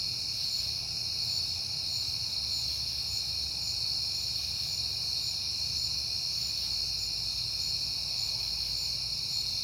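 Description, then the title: Cricket: a constant high chorus, with soft low-pitched noise underneath. Recorded at night in September on a peaceful night. "Night Time: Crickets and Passing Cars"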